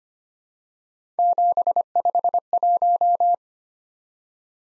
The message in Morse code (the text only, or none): 751